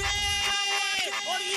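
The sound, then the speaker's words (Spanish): A human voice imitates a whale call with one sustained, reedy moan that holds steady, then bends upward and swoops in pitch near the end. Loud and continuous, with no talking. “Hago como ballena.”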